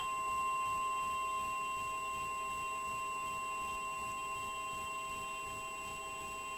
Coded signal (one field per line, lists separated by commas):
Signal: Emergency Alert System (SAME) tones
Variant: 1050 Hz attention tone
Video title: 4 EAS Alerts in 1!!! A new Record!!!